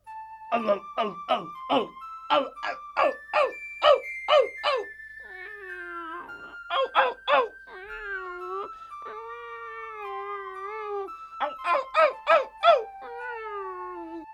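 Rapid runs of short, sharp barks alternate with long, wavering, high-pitched meows that slide up and down, the dog and cat seeming to answer each other back and forth.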